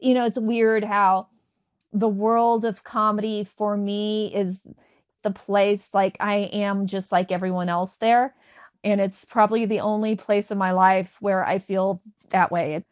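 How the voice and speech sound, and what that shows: An adult woman speaks clearly and mostly fluently, with a few stretched sounds on words like "me," "is" and "feel," and a catch of glottal stops near the end. These prolongations and the brief block fit mild stuttering in an adult who stutters.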